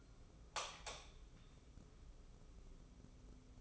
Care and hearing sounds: daily activity, microphone in the room; light on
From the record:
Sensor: 1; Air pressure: 995.3 hPa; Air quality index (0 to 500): 24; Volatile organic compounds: 0 ppm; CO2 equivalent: 499 ppm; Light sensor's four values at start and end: 10/26/10/11 and 14/41/15/17

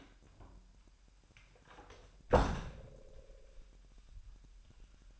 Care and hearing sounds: daily activity, microphone in the room; close door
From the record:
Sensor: 2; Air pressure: 998.3 hPa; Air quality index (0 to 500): 135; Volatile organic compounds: 3 ppm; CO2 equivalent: 1529 ppm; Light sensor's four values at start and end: 12/32/13/13 and 12/32/13/13

